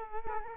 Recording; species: mosquito wingbeat signal from an infrared sensor; Culex quinquefasciatus